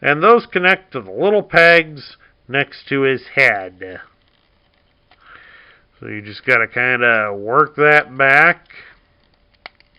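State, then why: Seated. A transforming toy robot's wrist hole is worked back onto the small plastic peg next to its head while someone talks. After a pause with faint handling noises, one sharp click is heard at 9.7 s as the plastic arm snaps into place and seats.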